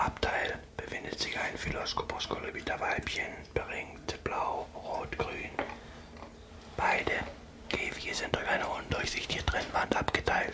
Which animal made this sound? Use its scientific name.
Phylloscopus collybita